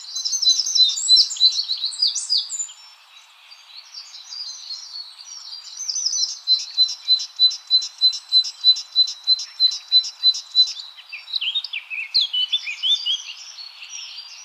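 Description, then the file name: Great tit calls: high twittering phrases, then a long, regular series of sharp notes about three a second, ending in more varied chirps. "Parus major"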